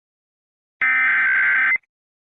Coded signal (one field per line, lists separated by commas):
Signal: Emergency Alert System (SAME) tones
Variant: header bursts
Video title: A EAS Scenario #8 Daki and Gyutaro’s Rampage